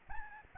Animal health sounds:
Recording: mosquito wingbeat signal from an infrared sensor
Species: Aedes albopictus

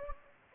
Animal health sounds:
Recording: mosquito wingbeat signal from an infrared sensor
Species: Anopheles gambiae

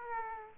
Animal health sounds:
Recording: mosquito wingbeat signal from an infrared sensor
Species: Aedes aegypti

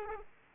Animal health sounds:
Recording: mosquito wingbeat signal from an infrared sensor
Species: Aedes aegypti

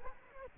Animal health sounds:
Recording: mosquito wingbeat signal from an infrared sensor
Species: Culex quinquefasciatus

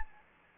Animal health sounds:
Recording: mosquito wingbeat signal from an infrared sensor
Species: Anopheles gambiae

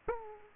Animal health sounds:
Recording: mosquito wingbeat signal from an infrared sensor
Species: Aedes aegypti

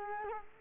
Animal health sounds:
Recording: mosquito wingbeat signal from an infrared sensor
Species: Culex quinquefasciatus

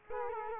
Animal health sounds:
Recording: mosquito wingbeat signal from an infrared sensor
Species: Culex quinquefasciatus

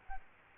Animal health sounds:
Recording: mosquito wingbeat signal from an infrared sensor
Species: Aedes albopictus

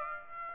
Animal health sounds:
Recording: mosquito wingbeat signal from an infrared sensor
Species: Aedes aegypti

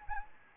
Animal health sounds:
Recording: mosquito wingbeat signal from an infrared sensor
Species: Anopheles gambiae

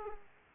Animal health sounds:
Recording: mosquito wingbeat signal from an infrared sensor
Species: Aedes aegypti

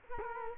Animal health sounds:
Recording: mosquito wingbeat signal from an infrared sensor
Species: Culex quinquefasciatus

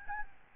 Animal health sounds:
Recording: mosquito wingbeat signal from an infrared sensor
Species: Aedes albopictus

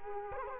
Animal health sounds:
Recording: mosquito wingbeat signal from an infrared sensor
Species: Culex quinquefasciatus

